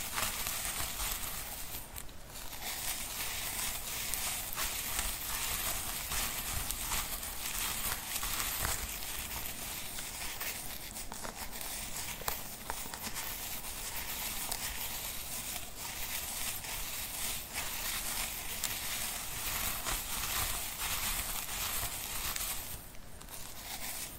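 ASMR scalp massage with steady scratching and brushing on the hair and scalp. The bright, crackly rustle stays dense and even throughout, made of many quick strokes, with brief lighter pauses near 2, 12 and 23 seconds and a low rumble underneath.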